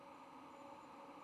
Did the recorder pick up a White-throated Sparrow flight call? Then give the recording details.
no. No flight call is heard. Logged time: 22:26 on 16 November 2014